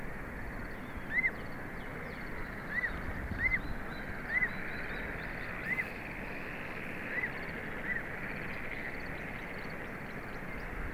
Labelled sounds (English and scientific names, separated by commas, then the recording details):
Common Ringed Plover (Charadrius hiaticula) call
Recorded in the wild
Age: diverse
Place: Peenemuende, Usedom, Mecklenburg-Vorpommern, DE
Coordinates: 54.1536, 13.7808
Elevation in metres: 0
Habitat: grassland
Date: 2014-06-05 01:18
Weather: 12°C, weak wind
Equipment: Sound Devices 702, Sennheiser MKH 70, Rycote Windschutz
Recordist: Frommolt, Karl-Heinz
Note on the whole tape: Flugplatz Peenemünde: Rufe vom Sandregenpfeifer mit Jungem. Tiere gesehen